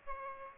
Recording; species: mosquito wingbeat signal from an infrared sensor; Aedes aegypti